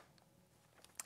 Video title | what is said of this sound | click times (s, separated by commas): DJI Enterprise Controller & Thor's Drone World Accessories | and again it just locks into place | 1.0 s